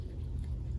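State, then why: Not seated. The terminal of the longer spark plug wire is being pressed into the socket of a replacement ignition coil on a 25hp Mercury outboard motor. Only a steady low rumble is heard throughout, with no sharp transients. Nothing has seated or clicked yet.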